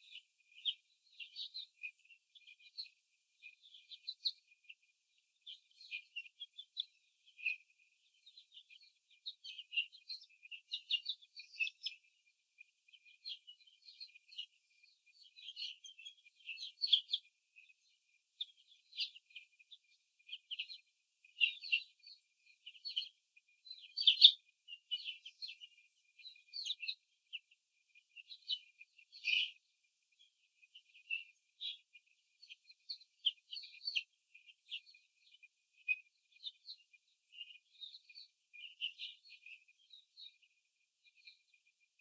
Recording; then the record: young laying hens in a cage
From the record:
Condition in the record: after the stressor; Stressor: simulated dog barking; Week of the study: 3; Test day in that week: 1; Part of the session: 3